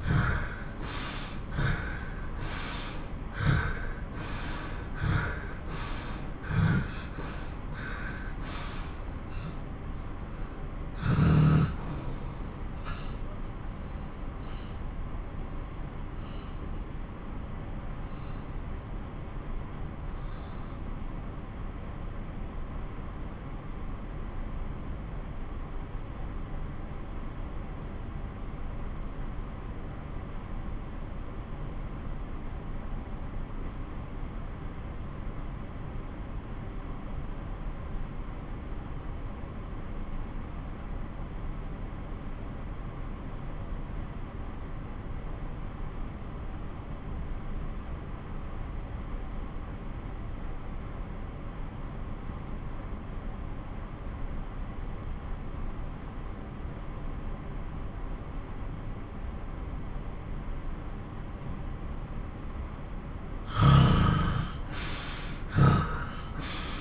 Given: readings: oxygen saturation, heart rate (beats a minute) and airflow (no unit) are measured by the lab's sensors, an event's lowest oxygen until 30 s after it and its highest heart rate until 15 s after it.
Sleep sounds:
breathing in sleep by a smartphone at the bedside; 1
9.00-61.70 s: obstructive apnea (N2, oxygen 93% highest, then 85% lowest)
57.00-66.81 s: new sleep stage, N1 (lightest sleep)
From the record:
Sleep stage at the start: N2 (light sleep); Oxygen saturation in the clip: 80 to 93%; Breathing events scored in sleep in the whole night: 217 in 6.3 hours asleep

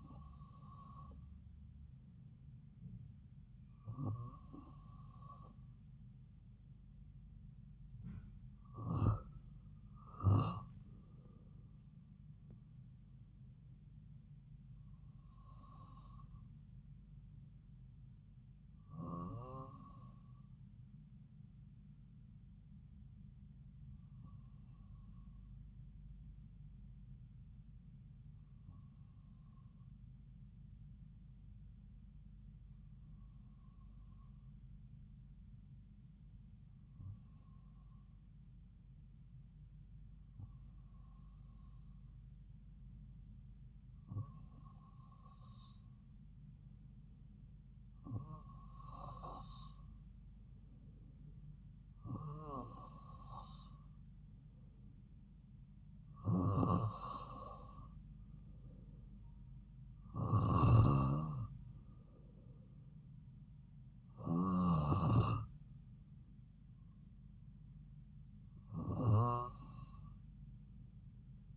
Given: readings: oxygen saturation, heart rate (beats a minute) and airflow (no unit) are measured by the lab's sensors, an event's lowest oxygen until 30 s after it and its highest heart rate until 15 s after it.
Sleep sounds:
breathing in sleep by a smartphone at the bedside; 1
33.00-54.90 s: hypopnea (N2, oxygen 96% highest, then 93% lowest)
From the record:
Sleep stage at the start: N2 (light sleep); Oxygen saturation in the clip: 93 to 96%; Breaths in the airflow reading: 17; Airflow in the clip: -5.0 to 5.4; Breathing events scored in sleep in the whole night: 270 in 6.1 hours asleep

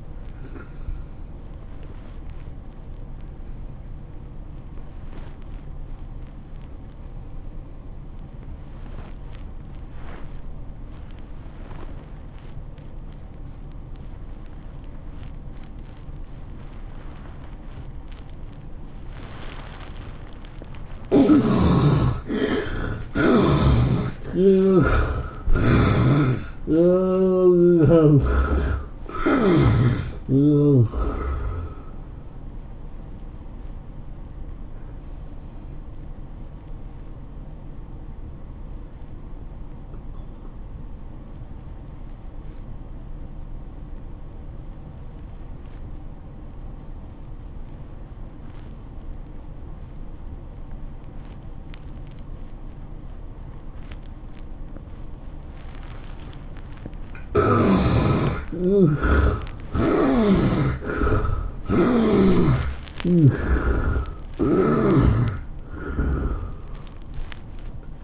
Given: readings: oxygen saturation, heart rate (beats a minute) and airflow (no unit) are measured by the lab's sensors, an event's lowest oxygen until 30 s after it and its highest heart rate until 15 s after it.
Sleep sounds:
breathing in sleep by a smartphone at the bedside; 2
5.00-20.50 s: obstructive apnea (N1, oxygen 91% highest, then 72% lowest, heart rate 99 at the start, 112 highest)
9.00-39.00 s: new sleep stage, N2 (light sleep)
39.00-68.04 s: new sleep stage, N1 (lightest sleep)
40.00-56.90 s: obstructive apnea (N1, oxygen 97% highest, then 69% lowest, heart rate 95 at the start, 110 highest)
From the record:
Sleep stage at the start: N1 (lightest sleep); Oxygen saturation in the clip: 66 to 97%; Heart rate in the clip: 80 to 112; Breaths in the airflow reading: 9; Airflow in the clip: -11.7 to 12.3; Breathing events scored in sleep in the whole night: 403 in 5.5 hours asleep

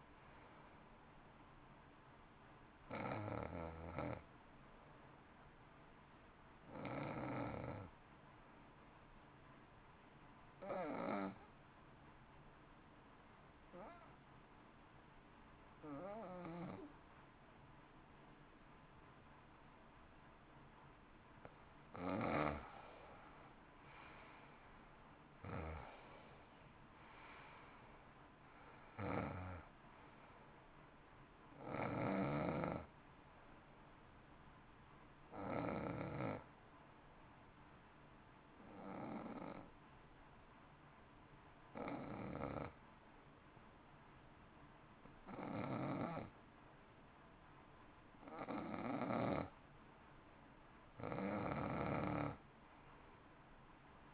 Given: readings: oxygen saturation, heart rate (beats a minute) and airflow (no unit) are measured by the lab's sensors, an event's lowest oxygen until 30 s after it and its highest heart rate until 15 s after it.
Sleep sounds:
breathing in sleep by a voice recorder at the bedside; 2
8.00-22.00 s: hypopnea (N1, oxygen 94% highest, then 86% lowest, heart rate 52 at the start, 61 highest)
37.00-49.70 s: hypopnea (N1, oxygen 92% highest, then 89% lowest, heart rate 55 at the start, 59 highest)
42.00-54.14 s: new sleep stage, N2 (light sleep)
From the record:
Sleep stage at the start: N1 (lightest sleep); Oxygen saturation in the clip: 77 to 94%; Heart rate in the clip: 52 to 61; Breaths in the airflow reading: 14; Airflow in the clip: -13.4 to 13.9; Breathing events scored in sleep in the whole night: 328 in 6.3 hours asleep

